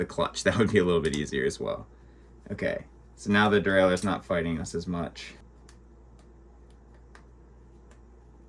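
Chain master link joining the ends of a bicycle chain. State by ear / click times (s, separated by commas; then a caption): seated / 7.2 s. Someone talks while reconnecting a bicycle chain's master link by hand, with the derailleur clutch turned off so the derailleur isn't fighting as much. After the talking stops, a few faint metallic ticks are heard. At 7.2 s a small, sharp tick marks the master link halves clicking into place, seating the link and joining the chain ends.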